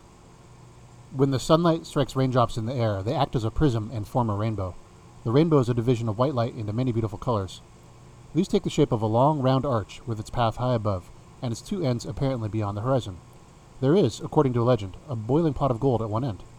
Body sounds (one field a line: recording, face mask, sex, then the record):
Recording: reading aloud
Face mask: none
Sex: male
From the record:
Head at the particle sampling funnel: facing it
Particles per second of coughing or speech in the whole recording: 1.56